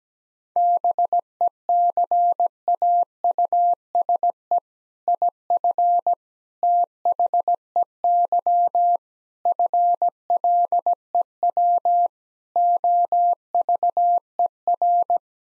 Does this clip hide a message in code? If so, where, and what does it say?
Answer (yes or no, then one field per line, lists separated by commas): yes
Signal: Morse code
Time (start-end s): 0.6-15.2 s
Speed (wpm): 17 wpm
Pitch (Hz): 700 Hz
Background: none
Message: BECAUSE IF THEY FLEW OVER